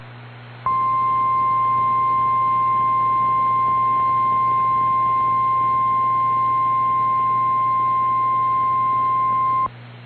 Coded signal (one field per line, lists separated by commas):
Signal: Emergency Alert System (SAME) tones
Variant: 1050 Hz attention tone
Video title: Severe Thunderstorm Warning (Sherman and Wallace Counties, KS) (9/9/25) [EAS #295]